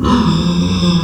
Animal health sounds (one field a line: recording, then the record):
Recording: squeal of a Yucatan mini pig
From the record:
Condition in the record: after surgery on the right vocal fold (resection and tissue-engineered implant)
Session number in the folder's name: 14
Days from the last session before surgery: 133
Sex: female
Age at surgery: 19 weeks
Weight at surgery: 25 kg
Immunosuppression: prednisolone